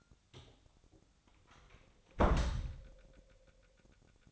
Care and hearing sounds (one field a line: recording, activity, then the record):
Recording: daily activity, microphone in the room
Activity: close door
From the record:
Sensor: 3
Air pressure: 1007.2 hPa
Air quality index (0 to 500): 201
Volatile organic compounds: 17 ppm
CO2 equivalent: 2573 ppm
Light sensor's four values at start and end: 12/29/12/12 and 12/28/12/12